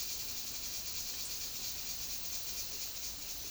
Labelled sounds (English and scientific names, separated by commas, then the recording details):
none
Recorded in secondary vegetation near Puerto Asís, Putumayo, Colombia, on 19 February 2024 at 14:00
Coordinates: 0.500, -76.326
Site G6428